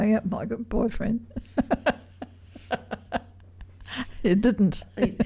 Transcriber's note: laughs